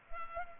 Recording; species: mosquito wingbeat signal from an infrared sensor; Culex quinquefasciatus